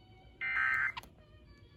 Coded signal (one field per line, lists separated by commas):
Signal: Emergency Alert System (SAME) tones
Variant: end-of-message bursts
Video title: KDKA RWT LATE AT 9:30!!!!! EAS 400-401!!!!!!!!!!!!!!!!!!!!!!!!!